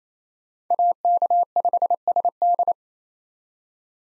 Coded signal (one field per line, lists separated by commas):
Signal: Morse code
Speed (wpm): 28 wpm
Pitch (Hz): 700 Hz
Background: none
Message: AK5SD